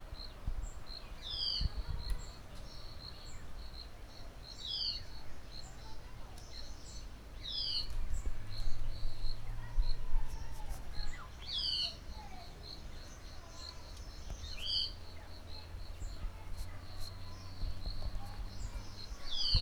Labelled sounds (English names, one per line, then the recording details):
Black-tailed Oriole
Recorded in northern Uganda